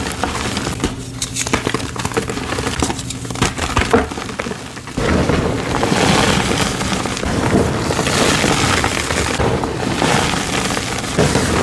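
Gym chalk blocks are crushed with dense, gritty crumbling and scraping, sparser for four seconds, then a sudden, continuous grinding crunch.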